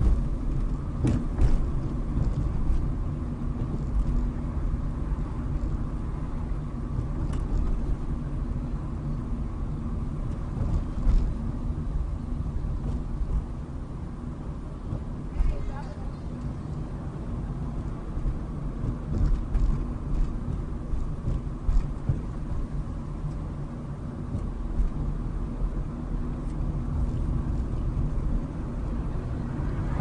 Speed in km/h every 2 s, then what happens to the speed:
27, 27, 27, 26, 26, 23, 21, 19, 24, 23, 23, 23, 26, 27, 31.
22-30 speeds up to 31.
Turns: none.